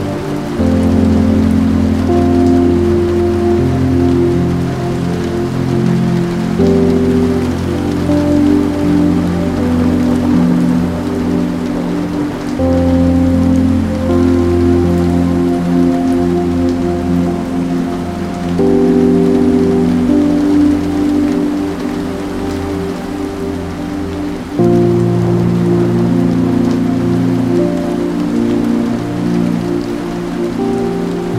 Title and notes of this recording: A Cozy Night With Rain & Piano. The rain creating a soothing rhythm on the windows, accompanied by distant thunder